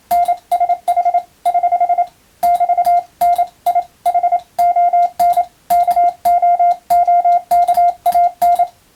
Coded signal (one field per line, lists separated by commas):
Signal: Morse code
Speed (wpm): 27 wpm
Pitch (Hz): 700 Hz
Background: none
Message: NSH <HH> <BT>N I HON KOOKAN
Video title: モールストレーニング！アマチュア無線ＣＷの練習用。YouTubeの再生速度を調整して手打ちモールスで受信練習を始めてみませんか(morse code practice radio operator )